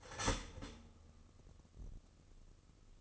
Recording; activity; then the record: daily activity, microphone in the room; start toaster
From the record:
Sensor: 4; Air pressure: 1008.0 hPa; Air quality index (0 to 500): 105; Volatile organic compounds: 1 ppm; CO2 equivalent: 776 ppm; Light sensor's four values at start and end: 8/19/7/7 and 9/20/8/8